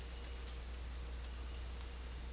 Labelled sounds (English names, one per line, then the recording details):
none
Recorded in dense forest near Puerto Asís, Putumayo, Colombia, on 21 December 2024 at 17:00
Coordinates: 0.486, -76.317
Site G003